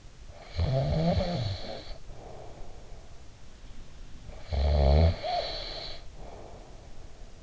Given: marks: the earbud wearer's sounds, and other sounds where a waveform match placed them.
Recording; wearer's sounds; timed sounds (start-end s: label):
sounds in sleep by an in-ear microphone; snoring breath
0.19-3.47 s: snoring breath
3.80-7.43 s: snoring breath